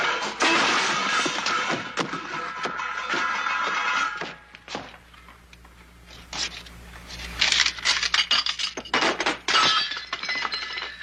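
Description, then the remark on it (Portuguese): A glass vase shatters with a loud crash and a long spill of tinkling shards, goes quiet for a few seconds, then a second burst of clinking, scattering glass follows. “Eu quebrei o vaso.”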